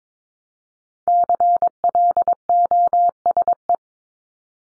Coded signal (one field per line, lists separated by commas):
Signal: Morse code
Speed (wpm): 22 wpm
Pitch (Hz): 700 Hz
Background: none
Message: CLOSE